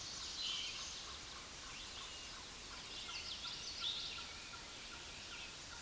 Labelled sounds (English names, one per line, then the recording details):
Common Yellowthroat song
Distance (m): 45 m
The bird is about 5 m below the microphone
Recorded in a Pennsylvania forest on 16 May 2024 at 06:00
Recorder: AudioMoth, point MSD-1307
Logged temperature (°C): 16.6 °C
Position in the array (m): 197 m, 82 m